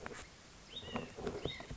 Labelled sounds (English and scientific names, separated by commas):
White-breasted Nuthatch (Sitta carolinensis)